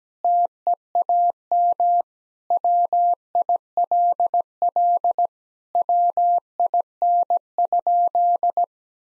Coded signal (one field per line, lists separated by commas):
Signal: Morse code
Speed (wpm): 17 wpm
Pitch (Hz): 700 Hz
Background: none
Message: TEAM WILL WIN?